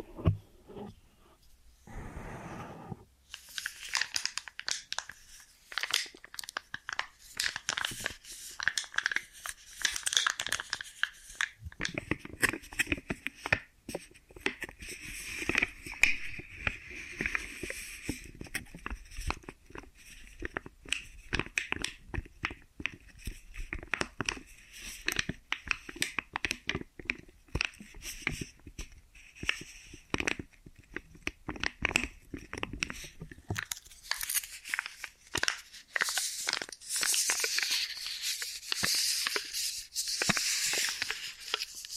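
An ear and scalp massage with cleaning: dense, bright crinkling and rubbing scratches keep up throughout, with sharper crackly bursts near the end.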